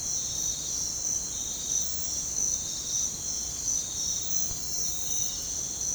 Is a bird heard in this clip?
no